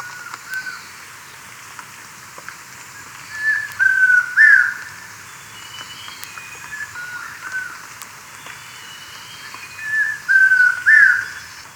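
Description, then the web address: Chestnut-crowned antpitta giving clear whistled phrases of two or three notes, repeated several times, some fainter than others, over a quiet background. Ecuador, South America. "Birds of Ecuador 2. Chestnut-Crowned Antpitta"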